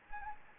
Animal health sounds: mosquito wingbeat signal from an infrared sensor; Anopheles arabiensis

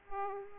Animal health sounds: mosquito wingbeat signal from an infrared sensor; Aedes aegypti

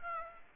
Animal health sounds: mosquito wingbeat signal from an infrared sensor; Aedes aegypti

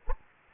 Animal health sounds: mosquito wingbeat signal from an infrared sensor; Anopheles gambiae

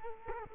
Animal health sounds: mosquito wingbeat signal from an infrared sensor; Culex quinquefasciatus

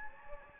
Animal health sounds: mosquito wingbeat signal from an infrared sensor; Anopheles gambiae

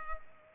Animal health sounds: mosquito wingbeat signal from an infrared sensor; Culex pipiens

